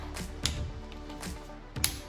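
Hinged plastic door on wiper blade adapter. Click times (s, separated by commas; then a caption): 1.8 s. The small hinged plastic door on a Rain-X wiper blade adapter is closed over the wiper arm hook on a Hyundai Santa Fe, with a steady tonal background and a few light taps and handling noises. A sharp click at 0.5 s is followed by a brief rustle, and at 1.8 s a bright, crisp snap is heard as the door snaps in place, confirming it has seated.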